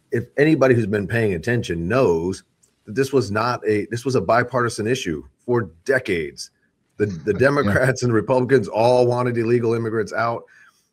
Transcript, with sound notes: if anybody who's been paying attention knows that this was not a... This was a bipartisan issue for decades.
The, the-
(laughs)
... Democrats and Republicans all wanted illegal immigrants out.